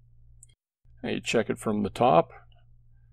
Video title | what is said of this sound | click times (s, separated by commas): A Beginners Guide to Opening and Closing Jump Rings | you bring it back and if you've overcome that gap you'll hear that click as the two ends come together hey | 0.4 s